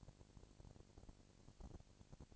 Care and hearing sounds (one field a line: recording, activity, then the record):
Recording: daily activity, microphone in the room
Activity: no activity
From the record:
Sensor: 5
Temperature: 19.8 degrees Celsius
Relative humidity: 36.7%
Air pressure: 997.1 hPa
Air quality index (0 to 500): 169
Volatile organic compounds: 14 ppm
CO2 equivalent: 2441 ppm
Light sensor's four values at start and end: 2/3/1/1 and 2/3/1/1